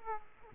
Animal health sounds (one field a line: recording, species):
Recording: mosquito wingbeat signal from an infrared sensor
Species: Aedes aegypti